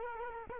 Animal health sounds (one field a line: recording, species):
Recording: mosquito wingbeat signal from an infrared sensor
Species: Culex quinquefasciatus